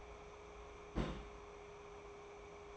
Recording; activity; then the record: daily activity, microphone in the room; place on stove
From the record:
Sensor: 1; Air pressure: 1010.3 hPa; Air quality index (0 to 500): 171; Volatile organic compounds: 12 ppm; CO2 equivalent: 2352 ppm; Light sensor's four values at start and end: 56/145/60/76 and 56/143/59/75